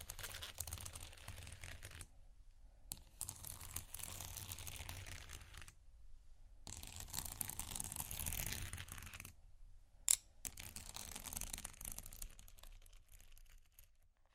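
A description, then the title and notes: Slow, soft scratching sweeps along in long strokes, each one a dry, rough rustle with a low, deep rumble beneath it. The strokes are broken by brief silent gaps, near 2, 6 and 9.5 seconds. A single sharp tap cuts through around 10 seconds. Slow, Deep & Soft Scratching (No Talking).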